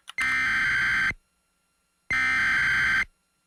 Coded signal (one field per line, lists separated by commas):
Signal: Emergency Alert System (SAME) tones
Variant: header bursts